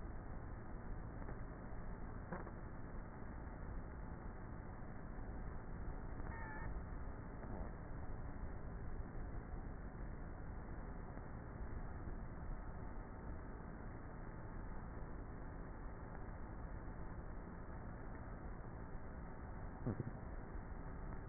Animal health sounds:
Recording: honeybee colony, microphone inside the hive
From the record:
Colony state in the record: queenless with a low population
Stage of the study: before two queens were removed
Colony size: about 30,000 bees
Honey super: no

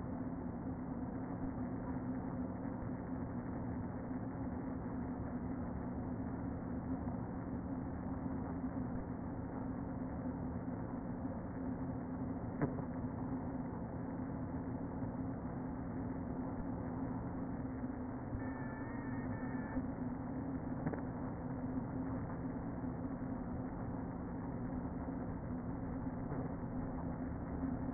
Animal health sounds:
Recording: honeybee colony, microphone inside the hive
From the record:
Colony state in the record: queen present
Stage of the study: before two queens were removed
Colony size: about 60,000 bees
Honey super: yes

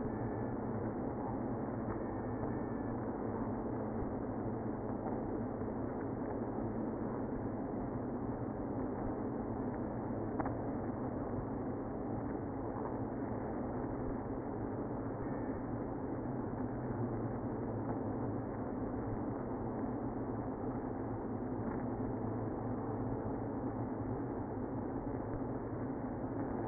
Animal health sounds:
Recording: honeybee colony, microphone inside the hive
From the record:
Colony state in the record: queenless (queen removed)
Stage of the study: after two queens were removed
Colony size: about 60,000 bees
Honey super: yes

